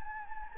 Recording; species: mosquito wingbeat signal from an infrared sensor; Anopheles gambiae